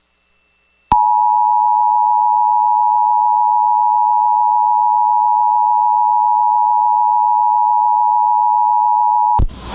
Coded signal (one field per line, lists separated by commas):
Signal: Emergency Alert System (SAME) tones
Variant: 853 and 960 Hz attention tone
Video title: EAS Tornado Warning Mississippi Gulf Coast From Tropical Cyclone NOAA Weather Radio +WeatherSTAR4000